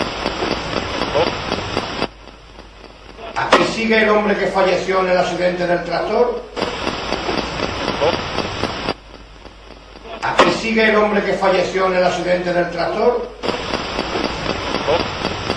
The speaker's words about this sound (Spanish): Muy bien, ¿eh? Se escucha perfecto. Claro. Hay que decir que es la Spirit, vamos, que... Sí, sí, sí, es la Spirit Box.